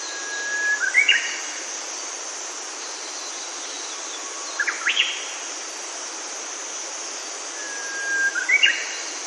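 Japanese bush warbler song: a held, low whistle breaking into a quick rising flourish, given three times over steady rushing background noise.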